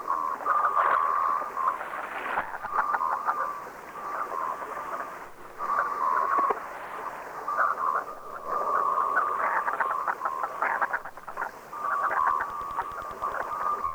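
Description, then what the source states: Common Merganser calling: dense bursts of rapid notes, pausing briefly every few seconds before resuming at the same pitch. Field recording.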